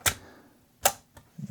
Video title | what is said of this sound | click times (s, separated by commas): Film Fighter - Mamiya 645J | You can push it in, hear a click. | 0.9 s